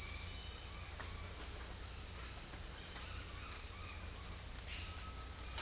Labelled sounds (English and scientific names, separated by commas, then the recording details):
none
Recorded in dense forest near Puerto Asís, Putumayo, Colombia, on 21 December 2024 at 17:00
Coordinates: 0.484, -76.325
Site G056